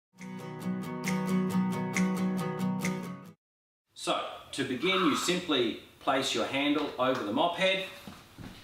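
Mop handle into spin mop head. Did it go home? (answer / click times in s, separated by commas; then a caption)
no / none. A White Magic spin mop handle is placed over the spin mop head while plucked guitar music plays for about three seconds, then someone talks. The handle is being fitted to be stepped on until it clicks into place, but nothing has seated or clicked yet.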